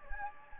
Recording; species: mosquito wingbeat signal from an infrared sensor; Anopheles gambiae